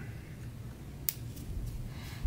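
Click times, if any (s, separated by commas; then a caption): 1.1 s. A screw is unscrewed with a driver from the handle scale of a Spyderco Gayle Bradley 2 folding knife during a scale swap. Over a low background hum, it breaks loose with one small, sharp click at 1.1 seconds, possibly from thread locker, and the screw comes free.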